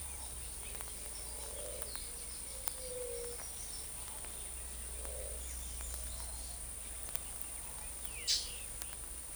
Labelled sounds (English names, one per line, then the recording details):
White-tipped Dove
Great Kiskadee
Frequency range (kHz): White-tipped Dove 0.3-0.7 kHz; Great Kiskadee 1.2-13.7 kHz
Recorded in forest near Pivijay, Magdalena, Colombia, on 5 June 2023 at 09:30
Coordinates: 10.467, -74.380
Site Z5-G034